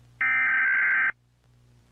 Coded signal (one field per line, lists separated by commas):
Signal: Emergency Alert System (SAME) tones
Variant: header bursts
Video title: EAS Scenario - Silent Eclipse (EPILEPSY WARNING)